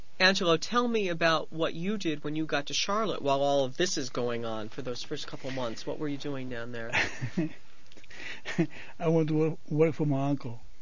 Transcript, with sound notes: Angelo, tell me about what you did when you got to Charlotte while all this is going on for those first couple of months. What were you doing down there?
( he laughs ) I went to work for my uncle.